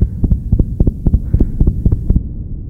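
A rapid, pounding adult heartbeat, low and thudding, with closely paired beats, from a bus driver after being yelled at, insulted and threatened.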